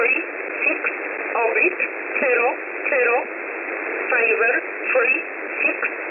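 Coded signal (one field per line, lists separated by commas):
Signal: numbers station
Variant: E11 Oblique, English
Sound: short, evenly spaced spoken words, probably numbers, through steady hissy sideband noise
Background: radio static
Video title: 19 05 2021 Number station E11 Oblique in English to Eu 0900 on 7449 unknown tx site in USB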